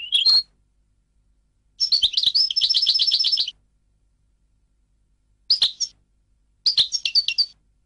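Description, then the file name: European goldfinch song: a brief twitter, then a fast rattling trill, followed by two short chirpy phrases after a pause. "audio burung goldfinch"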